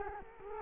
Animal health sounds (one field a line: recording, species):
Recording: mosquito wingbeat signal from an infrared sensor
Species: Culex quinquefasciatus